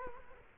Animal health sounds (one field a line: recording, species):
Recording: mosquito wingbeat signal from an infrared sensor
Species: Culex quinquefasciatus